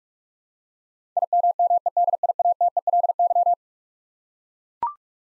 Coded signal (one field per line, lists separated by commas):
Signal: Morse code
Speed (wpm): 42 wpm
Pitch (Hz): 700 Hz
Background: none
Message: IMMEDIATELY